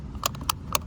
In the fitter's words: Hear that click?